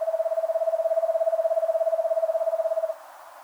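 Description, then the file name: Eastern screech owl trill of evenly spaced, quick hoots on one level pitch. It runs about three seconds and ends cleanly. "Eastern Screech Owl Megascops asio"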